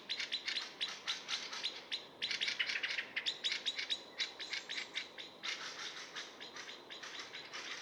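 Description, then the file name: Common blackbird: continuous rapid clicking chatter in uneven bursts, several notes per second throughout. "Turdus merula"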